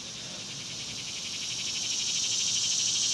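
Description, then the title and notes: Cicadas calling in a steady, dense high buzz that pulses rapidly and swells slightly louder throughout. Outdoors at dusk. "Ext Cicadas, Dusk by Bandeto"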